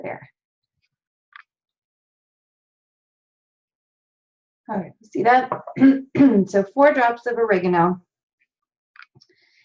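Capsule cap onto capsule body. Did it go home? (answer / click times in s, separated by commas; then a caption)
yes / 9.0 s, 9.2 s. Someone talks while four drops of oregano oil are put into an empty capsule, then the cap is pushed onto the capsule body. The two halves snap shut with small clicks at 9.0 and 9.2 seconds, and the capsule is seated closed.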